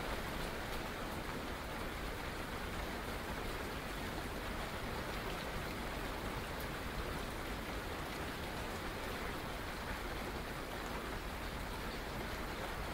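Steady rain falls throughout, a dense, even hiss of countless drops with no pauses or swells. The sound spreads from a low rumble up to a bright sizzle and stays at the same level from start to finish.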